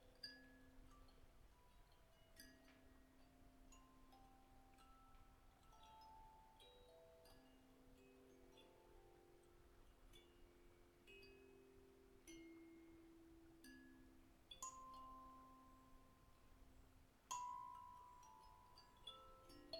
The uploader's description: a pair of bell-embellished reindeer antlers play a central role in creating the soundscape